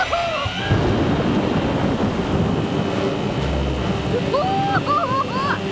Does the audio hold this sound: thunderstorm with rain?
yes